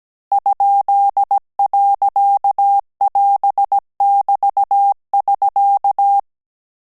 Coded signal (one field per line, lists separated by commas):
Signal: Morse code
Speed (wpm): 17 wpm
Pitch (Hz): 800 Hz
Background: none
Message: ?.<AS><BT><SK>